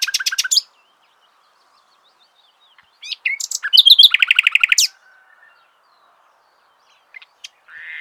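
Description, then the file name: Common nightingale song: a quick burst of high repeated notes, a long pause, then a loud varied phrase of rapid clicking and whistled notes, then a few scattered chips. "Luscinia megarhynchos"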